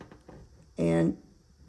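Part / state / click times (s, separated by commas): metal jump ring ends closing together on a necklace / not seated / none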